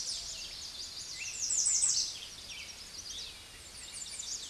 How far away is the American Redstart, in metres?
about 5 m